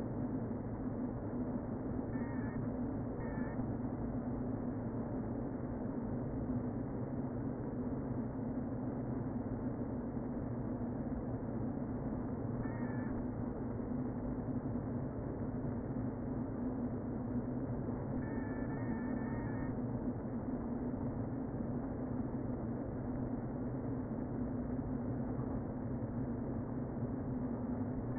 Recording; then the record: honeybee colony, microphone inside the hive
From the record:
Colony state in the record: queen present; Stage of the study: before two queens were removed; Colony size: about 60,000 bees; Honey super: yes